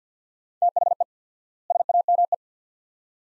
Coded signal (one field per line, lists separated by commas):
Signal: Morse code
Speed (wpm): 50 wpm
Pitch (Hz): 700 Hz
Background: none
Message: THE SAME